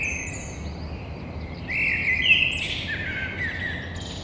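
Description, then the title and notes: Eurasian blackbird singing a short phrase that rises into a brighter warbled ending, over a steady low background hum. Single blackbird heard from a window onto a courtyard, Toulouse, Thursday 9 April, 6:30. "Merle noir côté cour. Stéphane Marin"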